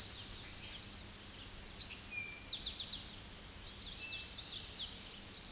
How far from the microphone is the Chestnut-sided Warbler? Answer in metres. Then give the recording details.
about 15 m. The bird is about level with the microphone. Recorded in a Pennsylvania forest on 16 May 2024 at 07:48. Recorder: AudioMoth, point MSD-1679. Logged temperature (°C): 16.1 °C. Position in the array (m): 136 m, 155 m